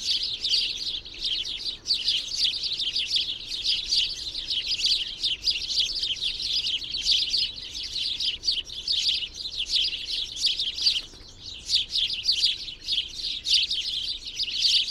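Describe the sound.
Birds chirp in a continuous high chatter, fading slightly for a moment late on before resuming.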